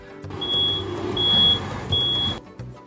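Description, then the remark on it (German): Three steady high-pitched warning beeps from a reversing truck, evenly spaced, sound over a low rumbling engine and road noise. “Ich fahre gerade mit einem LKW rückwärts.”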